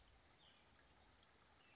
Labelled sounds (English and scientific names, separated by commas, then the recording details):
Western Flycatcher (Empidonax difficilis)
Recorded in Sonoma County, California